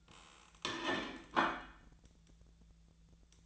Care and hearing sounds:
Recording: daily activity, microphone in the room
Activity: place plate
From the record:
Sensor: 3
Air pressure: 1009.4 hPa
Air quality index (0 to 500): 197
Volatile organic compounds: 16 ppm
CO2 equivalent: 2562 ppm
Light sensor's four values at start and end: 33/81/35/37 and 33/81/35/37

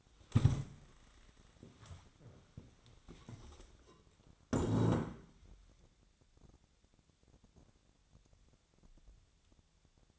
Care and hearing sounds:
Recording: daily activity, microphone in the room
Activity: stand up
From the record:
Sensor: 3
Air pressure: 1000.4 hPa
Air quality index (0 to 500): 168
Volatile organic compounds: 3 ppm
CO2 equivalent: 1460 ppm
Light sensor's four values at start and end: 15/35/15/15 and 14/34/14/15

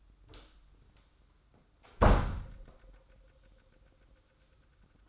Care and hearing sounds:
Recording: daily activity, microphone in the room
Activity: close door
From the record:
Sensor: 3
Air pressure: 994.3 hPa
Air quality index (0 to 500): 205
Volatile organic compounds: 1000 ppm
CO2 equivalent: 6878 ppm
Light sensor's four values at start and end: 111/263/107/101 and 113/267/109/103

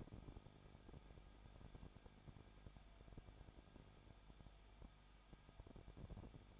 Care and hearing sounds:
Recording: daily activity, microphone in the room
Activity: no activity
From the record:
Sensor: 5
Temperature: 20.9 degrees Celsius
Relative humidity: 35.1%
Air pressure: 994.7 hPa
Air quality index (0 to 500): 154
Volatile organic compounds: 2 ppm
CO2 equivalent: 1289 ppm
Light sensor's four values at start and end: 2/3/1/1 and 2/3/1/1

